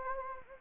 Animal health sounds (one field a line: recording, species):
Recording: mosquito wingbeat signal from an infrared sensor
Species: Anopheles gambiae